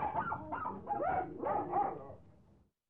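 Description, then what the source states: Dogs barking and yelping, several overlapping barks and whines over about two and a half seconds before fading out. Dogs in a kennel; background sound effect.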